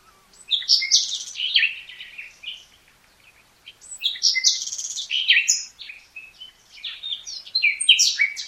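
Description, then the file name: Common nightingale song, rich varied phrases of churring notes, rapid trills and sharp whistles in bursts separated by brief pauses. "Luscinia megarhynchos"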